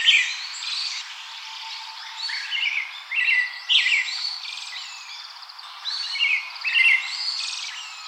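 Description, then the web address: Pale thrush song: busy, overlapping whistled and warbling phrases with high chirps. "birdenaga sirohara"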